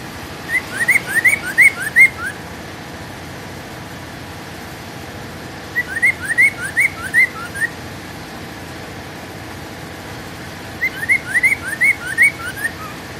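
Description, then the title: Hwamei song: bursts of several loud rising whistled notes, each burst about two seconds long, returning roughly every five seconds, with faint high twitters above. "Poksay mandarin"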